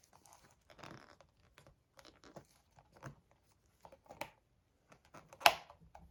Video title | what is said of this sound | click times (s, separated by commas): STOP measuring your bloom paint mixes! Here’s how! | there we go got to hear that snap | 5.5 s